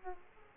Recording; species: mosquito wingbeat signal from an infrared sensor; Aedes aegypti